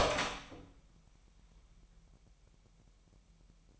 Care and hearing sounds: daily activity, microphone in the room; open door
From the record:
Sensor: 1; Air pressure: 998.5 hPa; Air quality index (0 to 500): 128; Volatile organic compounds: 3 ppm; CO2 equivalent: 1526 ppm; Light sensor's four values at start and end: 20/64/26/27 and 20/64/26/26

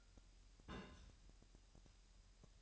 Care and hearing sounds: daily activity, microphone in the room; place on stove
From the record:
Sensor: 2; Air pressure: 1001.8 hPa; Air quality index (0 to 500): 248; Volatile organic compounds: 36 ppm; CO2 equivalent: 3083 ppm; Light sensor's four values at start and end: 5/11/5/5 and 5/11/5/5

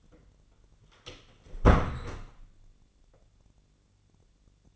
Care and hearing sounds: daily activity, microphone in the room; close door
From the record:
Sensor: 4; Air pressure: 1010.0 hPa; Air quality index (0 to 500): 192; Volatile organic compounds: 3 ppm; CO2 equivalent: 1377 ppm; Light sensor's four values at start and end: 32/78/32/34 and 34/82/34/35

